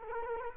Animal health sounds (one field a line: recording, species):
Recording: mosquito wingbeat signal from an infrared sensor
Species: Culex quinquefasciatus